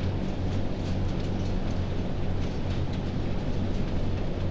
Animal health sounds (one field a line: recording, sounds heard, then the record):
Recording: poultry house recording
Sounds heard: no chicken sound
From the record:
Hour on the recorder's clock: 22